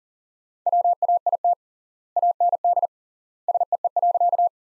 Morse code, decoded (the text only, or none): WAIT AND SEE.